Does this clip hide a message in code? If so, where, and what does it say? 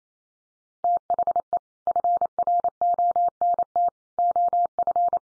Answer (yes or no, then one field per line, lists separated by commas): yes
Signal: Morse code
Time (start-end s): 0.8-5.2 s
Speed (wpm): 28 wpm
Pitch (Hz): 700 Hz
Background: none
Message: THE FRONT OF